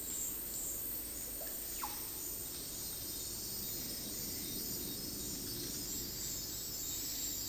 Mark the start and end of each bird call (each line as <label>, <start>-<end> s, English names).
Russet-backed Oropendola, 1.27-1.91 s